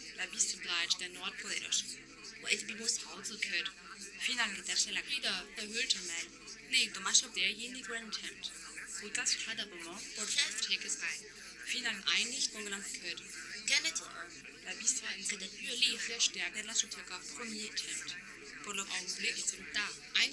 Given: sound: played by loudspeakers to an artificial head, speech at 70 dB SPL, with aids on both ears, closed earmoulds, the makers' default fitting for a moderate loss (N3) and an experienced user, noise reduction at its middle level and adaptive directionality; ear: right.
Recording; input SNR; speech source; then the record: speech test signal (ISTS) in cocktail-party noise; 0 dB; in front (0 degrees)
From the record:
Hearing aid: class 1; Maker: H